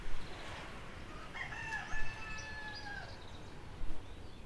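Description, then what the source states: Rooster crowing once, a drawn-out harmonic crow over a low rumbling background with brief knocks. Country birds ambience with a rooster.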